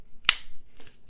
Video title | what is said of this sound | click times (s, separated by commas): Excellent EDC Combo- Civivi Knives Sendy & Stormridge Review | You got nice positive click, | 0.3 s